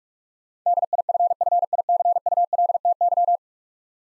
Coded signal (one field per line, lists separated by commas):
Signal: Morse code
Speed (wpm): 44 wpm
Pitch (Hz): 700 Hz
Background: none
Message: DIFFICULTY